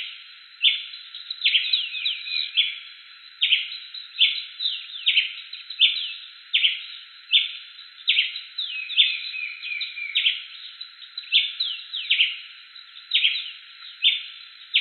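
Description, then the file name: Ruby-crowned tanager singing a long series of short, bright chips, some doubled. "canto do tie preto"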